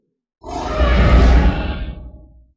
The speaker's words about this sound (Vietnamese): Một tiếng gầm khẽ, con quái thú thần bí trong nháy mắt đã hóa thành một tàn ảnh mơ hồ mang theo kim quang.